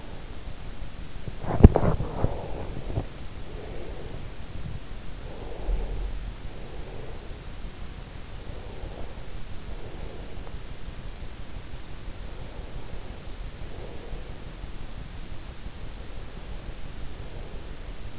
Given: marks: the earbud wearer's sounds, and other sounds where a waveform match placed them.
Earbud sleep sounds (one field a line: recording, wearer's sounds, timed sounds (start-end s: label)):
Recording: sounds in sleep by an in-ear microphone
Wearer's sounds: body movement, breath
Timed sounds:
1.33-3.27 s: body movement
3.50-4.25 s: breath
5.22-7.33 s: breath
8.24-10.76 s: breath
12.13-14.53 s: breath
16.82-17.73 s: breath